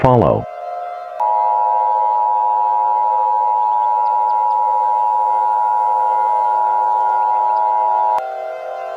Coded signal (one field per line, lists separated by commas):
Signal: Emergency Alert System (SAME) tones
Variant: 853 and 960 Hz attention tone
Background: speech